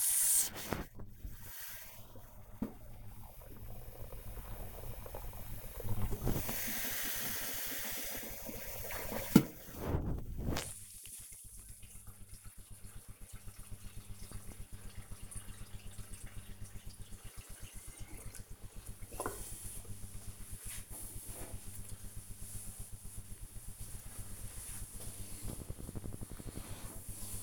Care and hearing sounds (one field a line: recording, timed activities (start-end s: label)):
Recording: household activities, microphone on the right wrist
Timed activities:
0.00-15.48 s: brushing teeth